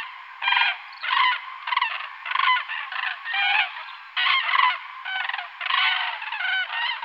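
Crane calls, rough honking notes in a near-continuous chattering series of short bursts.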